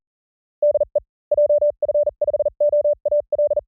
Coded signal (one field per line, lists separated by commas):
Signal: Morse code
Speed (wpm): 42 wpm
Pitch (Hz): 590 Hz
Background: none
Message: DE JF5OAL